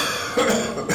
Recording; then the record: coughing mixed with background sound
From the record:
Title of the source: Wet Throat Infection Cough